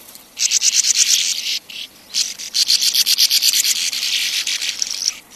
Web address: sand martin